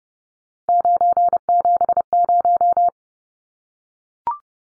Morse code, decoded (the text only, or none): 970